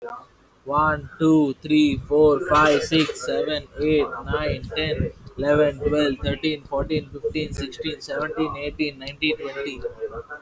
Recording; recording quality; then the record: counting at a normal pace; moderate, slight background noise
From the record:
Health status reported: healthy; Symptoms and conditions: none ticked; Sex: male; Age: 23 years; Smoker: not ticked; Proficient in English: yes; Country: India